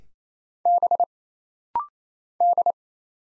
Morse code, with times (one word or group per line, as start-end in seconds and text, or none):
0.7-1.0 B
2.4-2.7 D